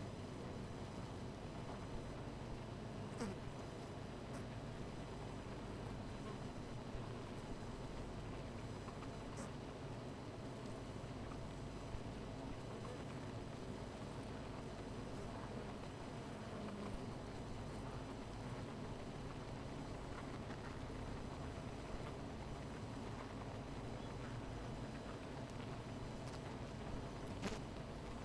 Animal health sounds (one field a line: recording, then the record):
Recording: honeybee colony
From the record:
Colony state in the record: missing queen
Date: 14 July 2017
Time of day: 17:06